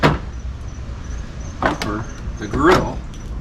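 The plastic front grille of a 2014 Chevy Silverado pickup is being handled and pushed back onto the truck's front end over a new headlight, with its plastic clips lined up against the headlight support. Someone talks over brief handling noises. Nothing has seated or clicked yet.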